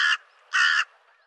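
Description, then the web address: Bird call, two short harsh cawing notes separated by a brief pause, with nothing else audible. "cianscape birddata Deverinetal 2025"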